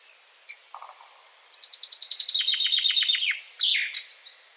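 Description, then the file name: Common chaffinch song: a fast run of bright repeated notes descending in steps, ending in a sharp flourish, with faint other bird notes before it. "Fringilla coelebs"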